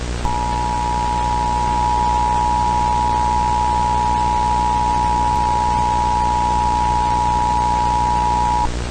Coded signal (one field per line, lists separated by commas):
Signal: Emergency Alert System (SAME) tones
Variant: 853 and 960 Hz attention tone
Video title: EAS Scenario - Pretty Blood [READ DESC]